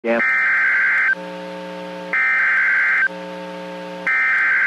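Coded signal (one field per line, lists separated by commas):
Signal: Emergency Alert System (SAME) tones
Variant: header bursts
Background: speech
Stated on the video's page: Severe thunderstorm warning received from NOAA weather radio station in Fort Worth, Texas.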